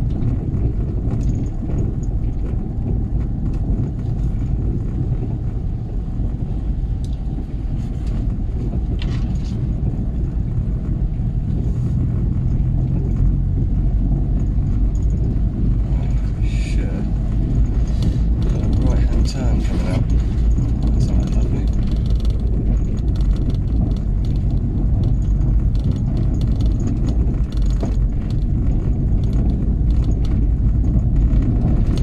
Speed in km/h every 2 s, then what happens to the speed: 15, 15, 15, 15, 15, 16, 18, 21, 21, 21, 21, 19, 19, 18, 18, 21.
0-9 steady at about 15. 9-14 speeds up to 21. 14-32 steady at about 21.